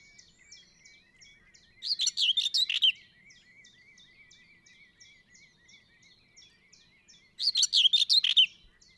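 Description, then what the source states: Common whitethroat song: two brief scratchy, jumbled warbles about five seconds apart, over a continuous faint buzzy trill and scattered thin high ticks. Male singing.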